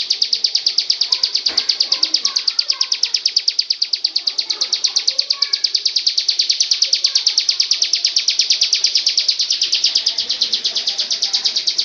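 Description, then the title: Magpie-robin song as one unbroken, rapid series of high, clipped notes, holding steady pitch and pace throughout. "Kicau Kacer"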